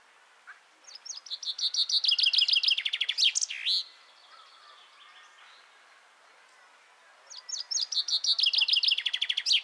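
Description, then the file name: Common chaffinch giving two song phrases, each a cascading series of sharp notes quickening into a trill; the first finishes with an emphatic terminal flourish, and the second is cut off before its ending. "Fringilla coelebs"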